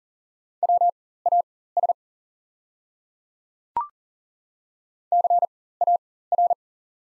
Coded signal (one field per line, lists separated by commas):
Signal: Morse code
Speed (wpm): 40 wpm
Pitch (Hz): 700 Hz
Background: none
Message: WAS CAR